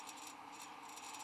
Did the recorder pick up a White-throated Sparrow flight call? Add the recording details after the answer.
no. No flight call is heard. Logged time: 10:57 on 13 December 2014